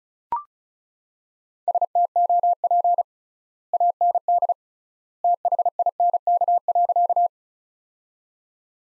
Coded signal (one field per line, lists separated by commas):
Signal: Morse code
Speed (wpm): 36 wpm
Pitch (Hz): 700 Hz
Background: none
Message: STOP AND THINK.